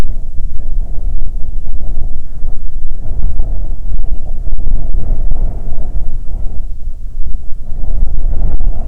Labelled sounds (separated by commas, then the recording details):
bird, wind
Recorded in the Arctic National Wildlife Refuge, Alaska, on 9 July 2019 at 21:54
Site 48